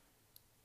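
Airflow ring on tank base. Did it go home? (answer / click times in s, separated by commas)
yes / 0.4 s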